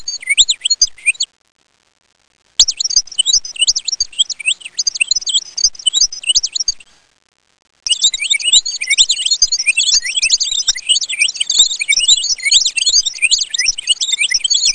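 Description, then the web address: Bird chirping call, bursts of rapid high swooping and twittering notes, broken by two short silent gaps and growing denser toward the end. "Soundsation. Animals Birds"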